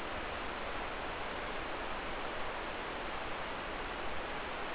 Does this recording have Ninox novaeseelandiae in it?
no